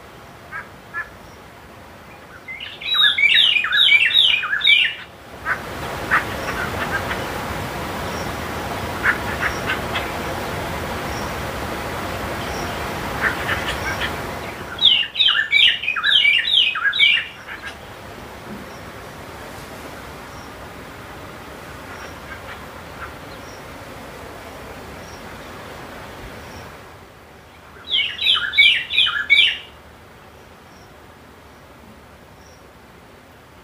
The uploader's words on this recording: Morning on the Zambezi River. Recorded near Simonga, Zambia.